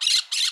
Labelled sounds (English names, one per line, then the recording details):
Brown-throated Parakeet contact call
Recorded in Curacao
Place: Hoffi Jan Thiel
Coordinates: 12.094, -68.877